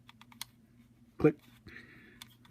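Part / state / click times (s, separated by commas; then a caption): plastic test lever into smoke alarm housing / seated / 0.4 s. While reassembling a vintage NuTone Scovill S-180 smoke alarm, the plastic test lever is pressed back into its nested position in the housing, with a few light ticks before a sharp snap at 0.4 s as it clicks into place. Someone talks briefly afterward, followed by a few more faint clicks, and the lever stays seated.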